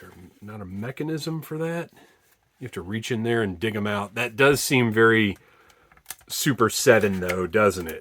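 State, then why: Not seated. Someone talks while handling the plastic landing gear panel of a Super 7 ThunderCats Ultimates Electro-Charger toy vehicle, working it into the vehicle body. A few brief, faint handling ticks come around 5.9 to 6.1 seconds between the talking. The panel has not seated or clicked into place yet.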